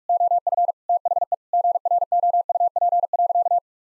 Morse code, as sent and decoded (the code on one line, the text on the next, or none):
--- ..-. / - .... . / --. .-. --- ..- .--. .-.-.-
OF THE GROUP.